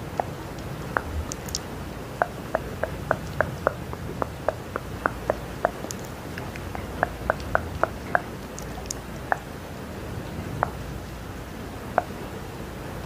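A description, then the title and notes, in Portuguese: Rain hisses steadily underneath while wet mouth sounds click and smack over it. The clicks come in quick, fairly regular runs, a few every second from about 1 to 8 seconds, then more sparsely near 9, 10.5 and 12 seconds. ASMR no Escurinho de uma Noite Chuvosa. Sons de Chuva e Sons de Boca.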